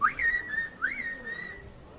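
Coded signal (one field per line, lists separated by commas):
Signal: whistled language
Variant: Turkish kuş dili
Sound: two clear whistled phrases, each rising sharply then holding a level, slightly wavering pitch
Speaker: unesco estimates the whistled language is spoken or understood by about ten thousand people in the eastern black sea area of northern turkey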